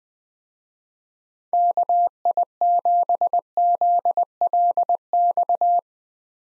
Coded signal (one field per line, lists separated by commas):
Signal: Morse code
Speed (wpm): 20 wpm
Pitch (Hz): 700 Hz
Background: none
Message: KI7ZLX